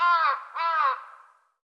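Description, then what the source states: Bird making two grating, harmonic caws, the first already underway at the start, the second slightly rising then falling before a soft fading tail. The call is written as "co co co co".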